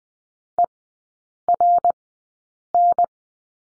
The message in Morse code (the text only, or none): ERN